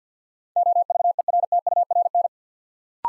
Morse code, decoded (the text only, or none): OVERTURN